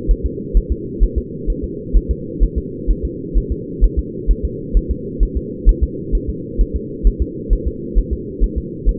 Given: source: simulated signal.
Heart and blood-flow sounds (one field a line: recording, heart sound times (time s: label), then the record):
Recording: fetal heart sounds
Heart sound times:
0.11 s: S1
0.26 s: S2
0.57 s: S1
0.72 s: S2
1.04 s: S1
1.18 s: S2
1.50 s: S1
1.64 s: S2
1.97 s: S1
2.11 s: S2
2.43 s: S1
2.58 s: S2
2.91 s: S1
3.05 s: S2
3.38 s: S1
3.52 s: S2
3.84 s: S1
3.99 s: S2
4.31 s: S1
4.45 s: S2
4.77 s: S1
4.91 s: S2
5.23 s: S1
5.37 s: S2
5.69 s: S1
5.84 s: S2
6.15 s: S1
6.30 s: S2
6.61 s: S1
6.76 s: S2
7.07 s: S1
7.22 s: S2
7.53 s: S1
7.68 s: S2
7.99 s: S1
8.13 s: S2
8.44 s: S1
8.58 s: S2
8.89 s: S1
From the record:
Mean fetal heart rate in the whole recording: 130 bpm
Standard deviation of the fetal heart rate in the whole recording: 2 bpm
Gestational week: 36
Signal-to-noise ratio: -4.1 dB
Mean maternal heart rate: no maternal heart sound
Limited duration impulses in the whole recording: absent